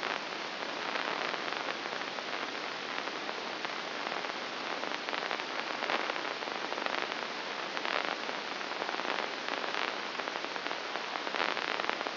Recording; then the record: brain microelectrode recording played as sound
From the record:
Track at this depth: inside the subthalamic nucleus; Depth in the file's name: 3.102 mm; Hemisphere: left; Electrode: 2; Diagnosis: Parkinson's disease